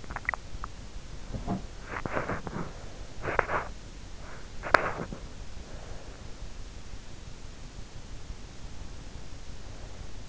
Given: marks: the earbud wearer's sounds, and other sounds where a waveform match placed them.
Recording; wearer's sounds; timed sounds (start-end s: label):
sounds in sleep by an in-ear microphone; swallowing, body movement, breath
0.00-0.87 s: swallowing
1.15-5.20 s: body movement
5.36-6.76 s: breath
8.28-10.29 s: breath